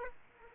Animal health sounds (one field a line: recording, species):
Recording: mosquito wingbeat signal from an infrared sensor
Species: Aedes aegypti